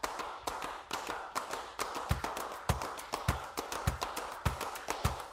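Rhythmic hand clapping from a minimalist clapping piece, used at the start of a remix, in a steady, repeating interlocking pattern, sharp and crisp over a dense wash of sound, with a deep thumping pulse joining about halfway through.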